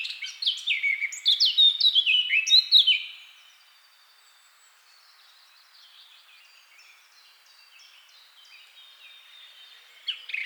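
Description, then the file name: Eurasian blackcap: brisk, scratchy warbling for about three seconds, then a long stretch of faint soft twittering before a short louder note. "Sylvia atricapilla"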